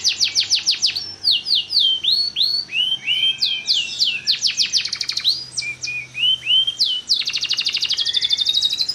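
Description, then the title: Canary singing a lively high medley of fast repeated chirps, looping whistled slurs and short trills, ending in a rapid rolling series of sweeping notes. Long-singing canary of the kalitan type, in full song. "Kenari Kalitan Gacor Suara Panjang"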